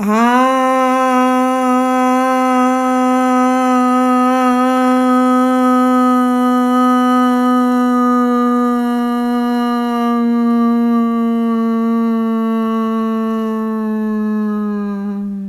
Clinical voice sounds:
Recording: sustained vowel /a/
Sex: female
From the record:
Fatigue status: no fatigue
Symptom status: symptomatic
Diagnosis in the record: COVID-19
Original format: m4a

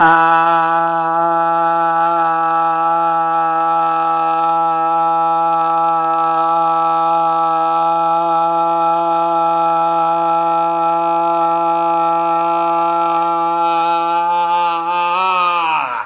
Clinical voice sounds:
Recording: sustained vowel /a/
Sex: male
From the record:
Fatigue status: no fatigue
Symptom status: asymptomatic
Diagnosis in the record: COVID-19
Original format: m4a

